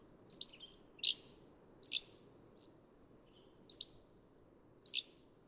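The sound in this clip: Hammond's flycatcher: a few high, snappy and slightly burry notes spaced about a second apart, with a longer gap before the last two, over soft hiss.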